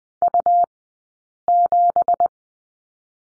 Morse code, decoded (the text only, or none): U7